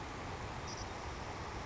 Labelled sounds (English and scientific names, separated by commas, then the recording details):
Savannah Sparrow (Passerculus sandwichensis)
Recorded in Sonoma County, California